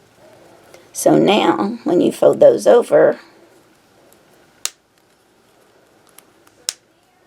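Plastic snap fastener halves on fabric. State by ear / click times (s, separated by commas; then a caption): seated / 4.6 s, 6.7 s. Someone talks while freshly set plastic snap fastener halves on fabric are folded over and pressed together. Each snaps shut with a sharp click, at 4.7 s and 6.7 s, and the snaps are seated closed.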